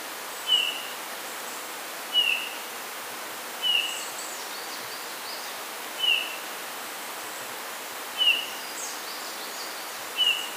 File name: Pyrrhula pyrrhula